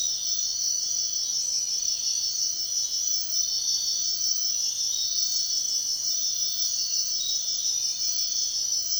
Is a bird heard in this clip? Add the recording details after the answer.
no. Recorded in dense forest near Puerto Asís, Putumayo, Colombia, on 13 March 2025 at 05:30. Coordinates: 0.499, -76.324. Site GP03